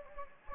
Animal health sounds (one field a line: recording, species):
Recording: mosquito wingbeat signal from an infrared sensor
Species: Anopheles gambiae